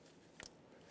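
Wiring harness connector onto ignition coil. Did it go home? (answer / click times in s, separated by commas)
yes / 0.4 s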